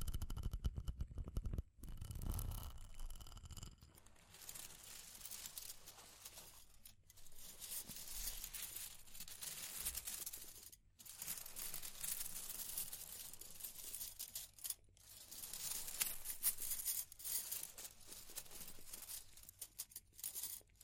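Dense, bright crackling and scratching fill the clip, a busy stream of tiny clicks and taps with a brief low thump near the start. The texture stays steady, broken by short silent gaps around 2, 7, 11, 15 and 19 seconds.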